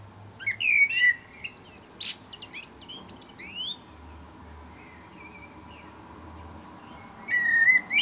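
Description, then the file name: Common blackbird singing a mellow whistled phrase that breaks into a run of shrill chittering notes, a pause with faint notes, then a new fluted phrase begins. "Turdus merula"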